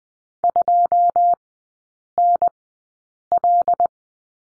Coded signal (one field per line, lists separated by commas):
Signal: Morse code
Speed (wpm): 20 wpm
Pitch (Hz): 700 Hz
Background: none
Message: 2 N L